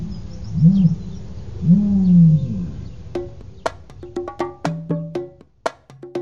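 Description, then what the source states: Ostrich deep booms, two low notes in the first half, followed by a series of sharp percussive sounds with ringing tones. Deep booming call of a male ostrich.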